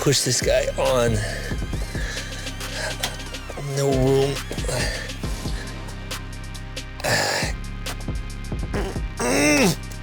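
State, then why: Not seated. On a BMW E90, a new heater core coolant hose quick-connect coupling with lubricated O-rings is pushed onto its heater core pipe in a cramped space while someone talks over background music. Brief handling knocks and scrapes sound at about 3.0, 6.1 and 9.2 seconds. Nothing has seated or clicked yet.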